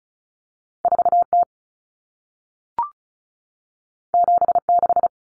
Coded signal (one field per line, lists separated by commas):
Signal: Morse code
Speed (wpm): 36 wpm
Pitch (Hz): 700 Hz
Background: none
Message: 4T 76